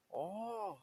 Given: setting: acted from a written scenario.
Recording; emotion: vocal sound without words; interest